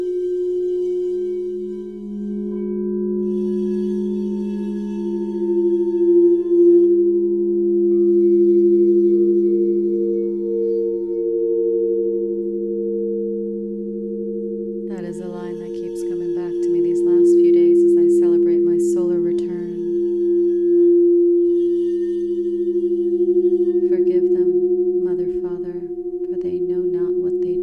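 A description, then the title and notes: Singing bowls hum with a steady, low, beating drone that holds nearly constant for the whole stretch, with a slow wavering pulse. From about fifteen to twenty seconds, and again briefly near the end, a brighter metallic rattle and scraping sit over the ringing tone. I only use Crystal Tones Crystal Alchemy Singing Bowls and the ones I used for this Sound Healing were in the following notes and frequencies: A, A#, G#, F, F# and 417hz/432hz.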